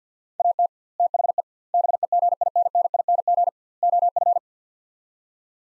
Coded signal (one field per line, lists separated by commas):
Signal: Morse code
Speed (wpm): 50 wpm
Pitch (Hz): 700 Hz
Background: none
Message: AT THE BEGINNING OF